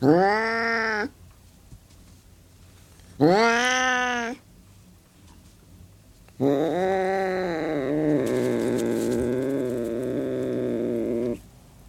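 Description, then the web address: Burmese cat giving two short rising yowls, then one long wavering cry lasting about five seconds, with scratchy noise breaking into its middle. Burmese cat hissing and growling. "BBC Cats Burmese"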